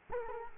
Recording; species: mosquito wingbeat signal from an infrared sensor; Culex quinquefasciatus